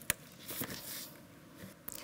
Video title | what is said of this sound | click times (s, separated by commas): How to Replace Coolant Reservoir 2001-2007 Volvo V70 | then push until it clicks | 0.1 s